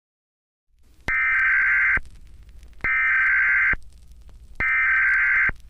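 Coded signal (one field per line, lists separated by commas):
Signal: Emergency Alert System (SAME) tones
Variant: header bursts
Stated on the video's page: Fictional EAS scenario about an eclipse.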